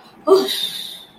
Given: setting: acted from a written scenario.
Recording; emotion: vocal sound without words; serenity